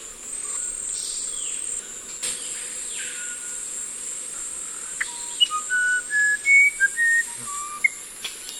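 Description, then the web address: Musician wren song in the second half: a run of clean whistled notes stepping up and down in pitch, insects buzzing high and steadily behind. Eastern lowlands of South America. "Natures Songs S America Eastern Lowlands. Musician Wren"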